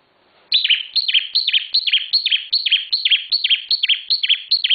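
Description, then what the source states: Bar-winged prinia song: a steady string of bright, falling chirped notes repeated rapidly without pause. Local name ciblek; described with the bird-keeping term 'semi super gacor', meaning very active, persistent singing.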